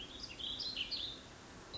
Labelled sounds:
Warbling Vireo (Vireo gilvus)
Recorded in Sonoma County, California

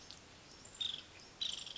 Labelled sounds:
Nuttall's Woodpecker (Dryobates nuttallii)
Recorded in Sonoma County, California

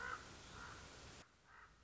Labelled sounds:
Common Raven (Corvus corax)
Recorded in Sonoma County, California

